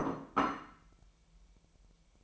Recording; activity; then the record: daily activity, microphone in the room; place plate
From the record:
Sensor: 1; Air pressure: 1002.0 hPa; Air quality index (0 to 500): 243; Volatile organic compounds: 48 ppm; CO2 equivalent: 3265 ppm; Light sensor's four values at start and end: 8/28/10/11 and 8/28/10/11